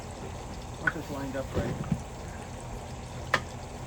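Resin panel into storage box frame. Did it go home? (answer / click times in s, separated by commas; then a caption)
yes / 3.3 s. Someone talks while a plastic resin wall panel of a Keter 30 gallon outdoor storage box is lined up and pushed into the adjoining panel of the frame. A sharp snap at 3.3 s marks the panel clicking in, and it is seated so it won't come apart.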